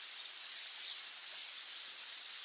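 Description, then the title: Half-collared sparrow song: three piercing, thin whistled slurs, the first dipping and rising, the next two level then falling, with steady high hiss behind. "LuckyPassaro Completos2Sama. Half-collared Sparrow (Arremon semitorquatus)"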